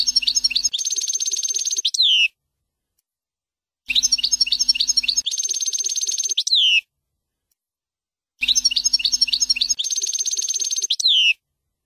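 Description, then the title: European goldfinch song: a short phrase of jingling twitters ending in a sliding note, repeated three times with identical shape and silent gaps, over a low hum. "Chant Chardonneret"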